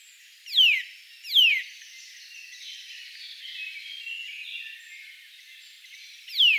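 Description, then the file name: Eurasian nuthatch uttering loud, downward-sweeping call notes, two close together, then another after about five seconds. "Sitta europaea"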